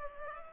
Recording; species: mosquito wingbeat signal from an infrared sensor; Culex pipiens